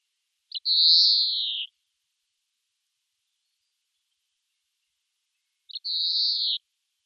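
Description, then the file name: European greenfinch calling with two drawn-out, nasal buzzing notes about five seconds apart, each starting with a short click, in a quiet setting. "Chloris chloris"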